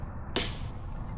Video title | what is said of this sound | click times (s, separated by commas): No Wonder The Car Wash Can't Make Any Money! #problems | Okay, we're snapped back in. | 0.4 s